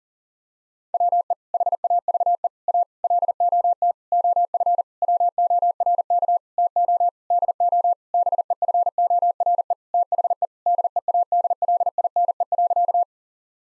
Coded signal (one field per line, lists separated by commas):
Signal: Morse code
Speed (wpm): 40 wpm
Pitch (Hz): 700 Hz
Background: none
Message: WE HAVE A LOT OF WORK TO DO BEFORE THE DEADLINE.